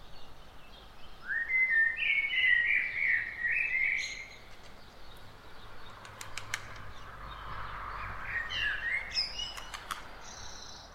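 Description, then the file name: Eurasian blackbird song: one rich, fluty warbled phrase, then a softer second phrase with scratchy high notes, against a low steady background rumble. "Turdus merula"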